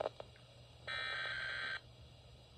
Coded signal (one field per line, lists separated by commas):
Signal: Emergency Alert System (SAME) tones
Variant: header bursts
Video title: (Remastered) How to Self Activate a NOAA Weather Radio (Part 1 of 2: Midland WR-100 and Similar ones